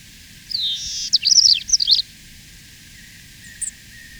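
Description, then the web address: Paramo Pipit song: a short burst of high buzzy notes, then quick rising and falling whistled trills, the phrase lasting about a second and a half, followed by a faint brief note. Recorded in Ecuador. "Natures Songs S America Birds of Ecuador. Paramo Pipit"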